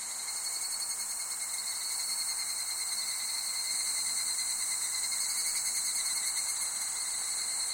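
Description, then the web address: Insects trilling in a steady, bright, high-pitched chorus with a rapid shimmering pulse throughout. Summer ambience of insects recorded in Japan. "Sound Effects-Foundation 1 AMBIENCE JAPANESE SUMMER INSECTS"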